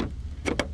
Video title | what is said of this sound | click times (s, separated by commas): Ram Promaster/ Citroen Jumper / Peugeot Boxer / Fiat Ducato / Headlight Bulb Placement | and you'll hear it snap in so | 0.6 s